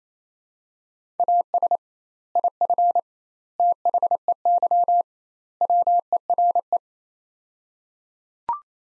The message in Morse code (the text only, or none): AS IF THEY WERE